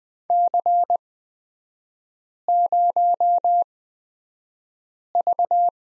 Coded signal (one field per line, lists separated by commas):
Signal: Morse code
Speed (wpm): 20 wpm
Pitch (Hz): 700 Hz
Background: none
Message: C0V